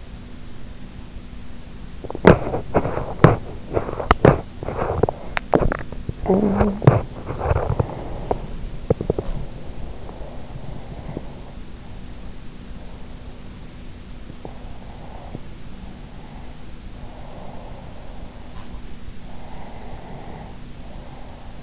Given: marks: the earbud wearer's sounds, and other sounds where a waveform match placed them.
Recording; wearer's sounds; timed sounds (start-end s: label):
sounds in sleep by an in-ear microphone; teeth grinding, talking in sleep, breath
1.83-5.73 s: teeth grinding
5.73-7.21 s: talking in sleep
7.82-9.63 s: teeth grinding
9.63-11.77 s: breath
14.29-16.23 s: breath
16.63-18.63 s: breath
19.25-21.63 s: breath